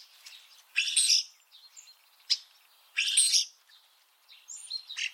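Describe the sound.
Common starling calls: two loud harsh buzzy bursts about two seconds apart, with a sharp click between them and softer squeaky notes at the end.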